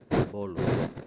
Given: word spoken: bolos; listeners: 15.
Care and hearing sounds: one Spanish word in noise, from a listening test; noise modulated by one talker; -9.7 dB; 0 of 15; 8 of 15; 0.68 s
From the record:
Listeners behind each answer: 8, 4, 2, 1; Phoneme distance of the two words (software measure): 17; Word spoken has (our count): 2 syllables, 5 phonemes, stress on syllable 1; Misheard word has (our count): 2 syllables, 4 phonemes, stress on syllable 1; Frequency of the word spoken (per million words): 3.00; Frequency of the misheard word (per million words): 17.86

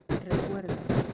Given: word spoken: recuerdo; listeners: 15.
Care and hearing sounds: one Spanish word in noise, from a listening test; noise modulated by one talker; -7.6 dB; 5 of 15; 8 of 15; 0.73 s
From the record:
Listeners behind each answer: 8, 5, 1, 1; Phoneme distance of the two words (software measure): 7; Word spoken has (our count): 3 syllables, 8 phonemes, stress on syllable 2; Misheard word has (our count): 3 syllables, 9 phonemes, stress on syllable 2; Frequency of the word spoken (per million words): 100.82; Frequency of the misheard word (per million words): 37.54

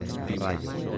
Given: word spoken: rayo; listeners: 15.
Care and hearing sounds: one Spanish word in noise, from a listening test; eight-talker babble; -0.5 dB; 3 of 15; 8 of 15; 0.58 s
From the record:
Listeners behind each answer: 8, 3, 1, 1, 1, 1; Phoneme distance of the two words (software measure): 7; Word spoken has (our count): 2 syllables, 4 phonemes, stress on syllable 1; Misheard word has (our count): 2 syllables, 5 phonemes, stress on syllable 1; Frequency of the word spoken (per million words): 19.39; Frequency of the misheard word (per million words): 22.43

